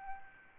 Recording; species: mosquito wingbeat signal from an infrared sensor; Aedes albopictus